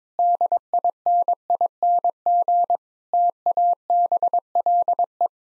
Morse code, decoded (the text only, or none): DINING TABLE